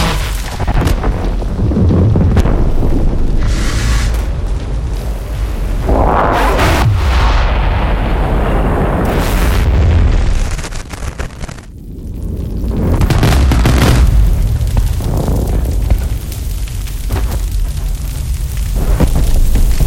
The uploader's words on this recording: Esoteric Series Vol. 2 - First Element - FUEGO. The fire - in all the energy and inherent violence of its nature.